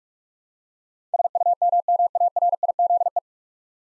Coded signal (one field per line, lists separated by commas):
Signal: Morse code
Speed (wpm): 42 wpm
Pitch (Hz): 700 Hz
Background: none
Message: SUMMARIZE